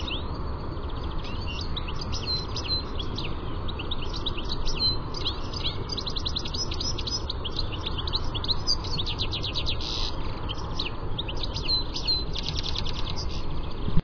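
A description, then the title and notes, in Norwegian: A goldfinch sings in a fast, busy twitter of high, tinkling notes that runs almost without pause for the whole stretch, with short trills and buzzy bursts mixed in. A steady low rumble sits underneath throughout. Lyden av en stilits.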